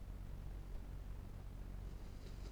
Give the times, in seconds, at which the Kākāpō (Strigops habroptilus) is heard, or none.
none